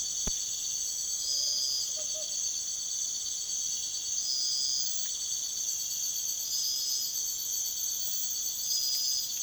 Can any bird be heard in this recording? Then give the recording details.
yes. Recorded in secondary vegetation near Puerto Asís, Putumayo, Colombia, on 24 June 2025. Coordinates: 0.488, -76.319. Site G094